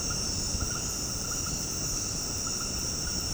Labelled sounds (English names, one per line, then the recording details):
none
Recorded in dense forest near Puerto Asís, Putumayo, Colombia, on 20 February 2024 at 21:00
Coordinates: 0.486, -76.316
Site G6437